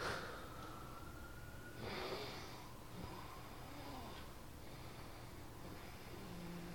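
Snoring from an adult sleeper.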